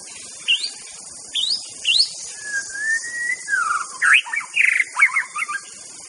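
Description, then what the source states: White-rumped shama song: thin rising whistles, a long level whistle, then a quick jumble of varied notes, over a steady hiss. Murai batu song used as a lure for trapping birds (pikat); voice described as strong (mantap).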